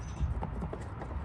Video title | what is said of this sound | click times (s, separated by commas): JEEP GLADIATOR OIL CHANGE 2020-2024 | Wait till you hear a nice little snap sound. | 0.4 s